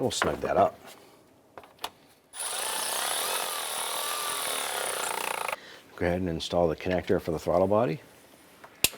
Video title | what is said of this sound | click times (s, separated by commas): How to Replace Variable Valve Timing Solenoid 2000-2006 Toyota Tundra | You'll hear that click into place. | 8.8 s